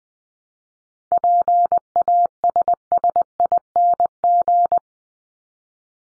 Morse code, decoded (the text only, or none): PASSING